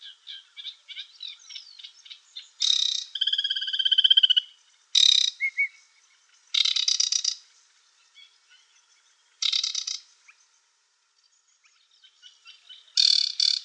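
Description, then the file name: Aquatic warbler singing in short bursts: dry rasping rattles alternate with buzzy trills and clear, evenly repeated whistled notes, with brief pauses between phrases. "WODNICZKA"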